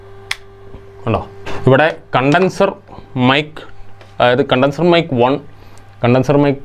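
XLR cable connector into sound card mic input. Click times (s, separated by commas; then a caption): 0.3 s. An XLR cable plug from a Digimore condenser mic is pushed into the sound card's mic input and locks firmly in place, giving a single sharp click at 0.3 s. After the click, someone talks for the rest of the clip.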